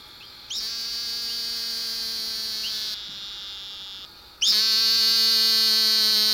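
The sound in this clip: Great Plains narrow-mouthed toad calling with a high-pitched buzz that starts abruptly, holds a steady tone for over two seconds, then repeats after a short pause.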